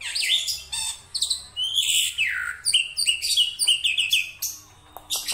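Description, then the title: Black-winged myna pouring out a loud, dense song of high shrill whistles, downward-sweeping squeals and chattery notes in quick succession. Dense, varied song of a Black-winged myna in full voice, recorded for training other songbirds. "Kicauan Rapat Jalak Putih Gacor Banyak Variasi Untuk Masteran"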